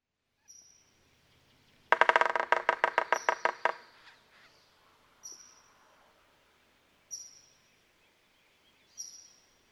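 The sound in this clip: Red-naped sapsucker calling in a quick run of many rough nasal notes, with a few thin high notes also heard.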